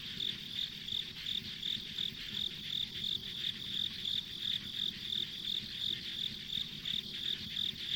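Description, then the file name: High insect chirps in a regular pulsing series, roughly three per second, layered over a constant buzzing insect chorus. Ambient insect sounds recorded on a country road. "田舎道の虫の環境音"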